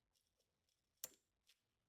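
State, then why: Seated. A motor wiring harness plug from a Silver Wolf Teekon motor and controller conversion kit is pushed by hand into the bottom socket of the plastic control module (GCM) on a Club Car DS IQ golf cart. After a few faint handling ticks, one sharp click sounds at 1.0 s, followed by a softer tick around 1.5 s. The connector is seated.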